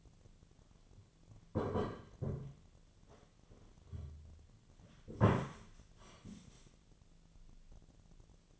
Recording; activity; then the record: daily activity, microphone in the room; sit down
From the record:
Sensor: 4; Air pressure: 1008.9 hPa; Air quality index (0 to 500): 170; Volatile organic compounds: 5 ppm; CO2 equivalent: 1710 ppm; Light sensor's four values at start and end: 23/73/27/26 and 23/73/28/26